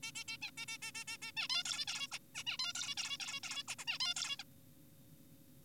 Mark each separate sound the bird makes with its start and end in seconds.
0.03-0.12, 0.15-0.24, 0.28-0.38, 0.42-0.51, 0.57-0.66, 0.68-0.78, 0.82-0.92, 0.95-1.04, 1.08-1.18, 1.22-1.32, 1.37-1.48, 1.50-1.64, 1.66-1.85, 1.88-2.08, 2.12-2.19, 2.35-2.44, 2.47-2.58, 2.60-2.73, 2.75-2.95, 2.98-3.17, 3.20-3.40, 3.44-3.63, 3.68-3.75, 3.79-3.85, 3.88-3.98, 4.00-4.14, 4.16-4.36, 4.39-4.43